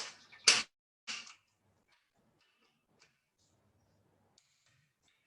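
A click-type torque wrench tightens a wheel lock nut, which is done last so it isn't under a bind. A sharp, loud click at 0.5 s marks it reaching 50 foot-pounds, followed by a shorter burst of noise around 1.1 s and faint ticks at 3.0 s and 4.4 s.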